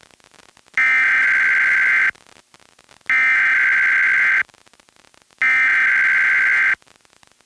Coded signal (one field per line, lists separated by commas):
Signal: Emergency Alert System (SAME) tones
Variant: header bursts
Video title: EAS #1206-1207: 2 EAS Required Monthly Tests- July 7, 2026- 10:15AM PDT